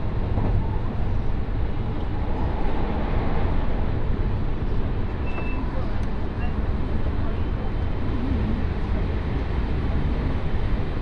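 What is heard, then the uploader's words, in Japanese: A Tokaido Line special rapid train running between Kusatsu and Shin-Osaka, heard as a steady, dense rumble heaviest in the low end. The level stays even throughout, with faint brief tones near five and eight seconds and a soft murmur underneath. 耳で楽しむ鉄道旅 東海道本線新快速 草津→新大阪。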